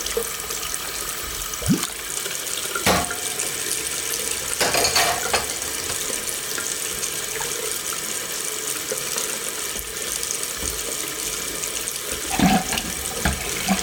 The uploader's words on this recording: Wash and rinse dishes, creating a calming and soothing atmosphere with the gentle sounds of water, soap bubbles, and clinking dishes. Doing the Dishes.